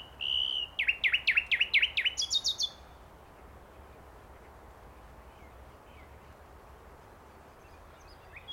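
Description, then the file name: Common nightingale song: a sustained whistle, then a run of quick swooping notes and a high buzzy trill, then near silence with faint chirps. "Luscinia megarhynchos"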